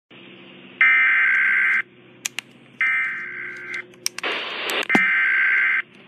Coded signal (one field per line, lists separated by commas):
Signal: Emergency Alert System (SAME) tones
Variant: header bursts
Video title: Weatheradio Canada VFI331 - Tornado Warning Downgrade (EAS #36) (4:15PM EDT)